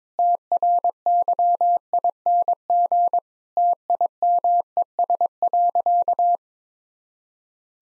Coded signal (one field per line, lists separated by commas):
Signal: Morse code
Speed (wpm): 22 wpm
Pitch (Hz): 700 Hz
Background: none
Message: TRYING TIMES.